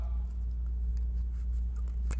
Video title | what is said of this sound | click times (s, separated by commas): 2015-2023 Mustang C&L Super Sport Cross-Drilled and Slotted Brake Rotor and Pad Kit Review & Install | Jetzt können wir unsere neuen Anti-Rassel-Clips wieder in den Bremssattel einbauen, indem wir sie einfach in den Schlitz einsetzen und einrasten lassen. | 2.1 s